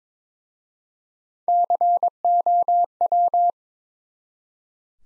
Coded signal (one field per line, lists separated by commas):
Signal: Morse code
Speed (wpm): 22 wpm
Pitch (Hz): 700 Hz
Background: none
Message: COW